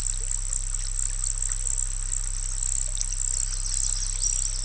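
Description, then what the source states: Cricket song, a continuous high-pitched pulsed trill with a regular beat, over a low droning hum. Crickets singing by a pond.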